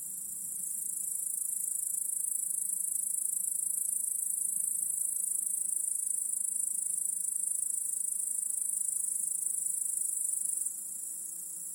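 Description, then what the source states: Crickets keep up a continuous high trill that grows louder after the opening moment and drops in level just before the end. Chorus of crickets in a home backyard at night.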